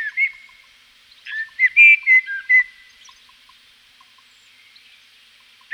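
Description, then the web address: Common blackbird giving a brief note, then one short phrase of flute-like whistled notes, followed by a long quiet pause and the start of another note at the end. Recorded in Provence. "agykontroll - A természet hangjai - A provence-i feketerigó"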